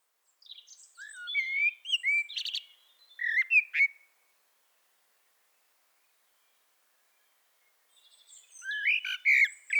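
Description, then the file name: Eurasian blackbird's fluty warble with clicking, squeaky accents, a long silence, then another phrase begins. "Turdus merula"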